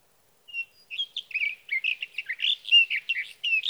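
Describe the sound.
Sage thrasher singing: after a short clear opening note comes a fast, continuous jumble of warbling, slurred whistles and chirps that keeps going to the end.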